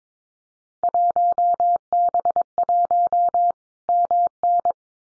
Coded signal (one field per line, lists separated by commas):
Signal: Morse code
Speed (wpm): 22 wpm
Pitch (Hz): 700 Hz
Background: none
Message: 1B1 MN